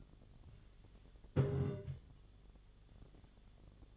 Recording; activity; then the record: daily activity, microphone in the room; take from stove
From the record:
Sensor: 4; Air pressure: 1010.9 hPa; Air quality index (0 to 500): 167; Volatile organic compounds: 4 ppm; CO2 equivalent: 1697 ppm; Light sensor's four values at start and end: 41/116/47/48 and 41/116/47/48